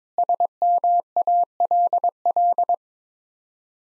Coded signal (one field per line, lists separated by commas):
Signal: Morse code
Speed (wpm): 22 wpm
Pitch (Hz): 700 Hz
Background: none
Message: SMALL